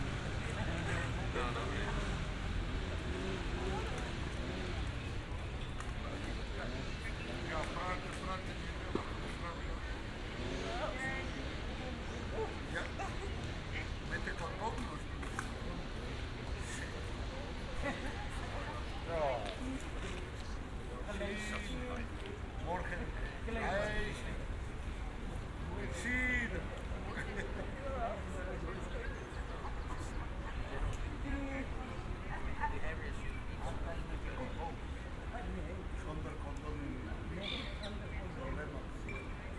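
A binaural recording in Amsterdam: steady low traffic rumble beneath continuous overlapping voices, with occasional brief clinks and brighter chirping sounds throughout.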